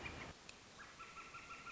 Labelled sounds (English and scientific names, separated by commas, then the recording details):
Northern Flicker (Colaptes auratus)
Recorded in Sonoma County, California